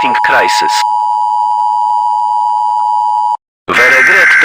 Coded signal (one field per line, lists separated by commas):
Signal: Emergency Alert System (SAME) tones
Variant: 853 and 960 Hz attention tone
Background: speech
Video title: EAS SCENARIO-THE INFECTED